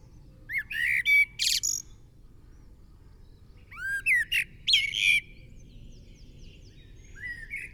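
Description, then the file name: Common blackbird song: two bursts of rising whistled notes that break into high twittering, separated by a pause, then a faint final note. "Turdus merula"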